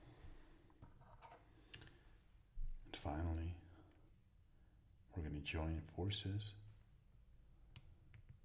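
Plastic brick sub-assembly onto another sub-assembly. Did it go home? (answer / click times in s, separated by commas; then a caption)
no / none. Two built LEGO sections, a plastic brick sub-assembly held against another sub-assembly, are handled as they are brought together to be joined. Someone talks, and faint plastic ticks are heard around 1.7, 1.9, 7.8 and 8.1 s. Nothing has seated or clicked yet.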